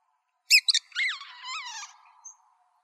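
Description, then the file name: Parrot giving a sharp squeal in two quick bursts that breaks into a rough, wavering chatter and then slides down into a softer, drawn-out note. "PFLB 3 deviche"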